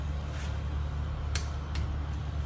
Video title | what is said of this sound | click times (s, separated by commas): Silverado 5.3 LS Rear Main Seal Replacement #silverado | okay that was nice click on that one | 1.3 s